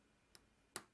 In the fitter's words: you'll hear a satisfying click with each connection